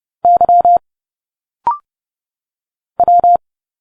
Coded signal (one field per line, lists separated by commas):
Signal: Morse code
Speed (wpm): 30 wpm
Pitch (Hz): 700 Hz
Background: none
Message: Y W